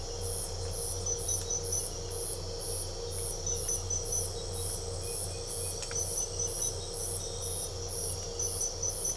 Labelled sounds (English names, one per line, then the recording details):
none
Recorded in pastures near Puerto Asís, Putumayo, Colombia, on 22 December 2024 at 03:00
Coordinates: 0.497, -76.327
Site G088